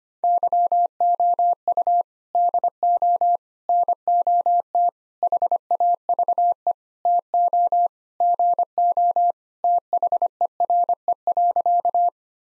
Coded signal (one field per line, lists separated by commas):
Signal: Morse code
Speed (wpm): 25 wpm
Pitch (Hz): 700 Hz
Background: none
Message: YOU DO NOT HAVE TO GO THERE.